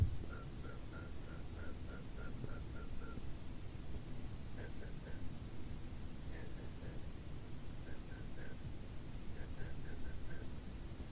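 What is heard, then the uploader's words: Soft, steady brushing hiss over a low rumble, broken by short runs of quick, evenly spaced light ticks every few seconds. ASMR BRUSHING YOUR FACE, BRUSHING YOU TO SLEEP, BRUSHING CAMERA, BRUSHING FACE, FACE BRUSHING.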